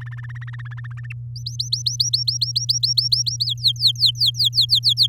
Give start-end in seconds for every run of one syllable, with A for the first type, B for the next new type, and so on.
0.00-1.06 A, 1.10-1.12 B, 1.36-3.46 C, 3.47-5.07 D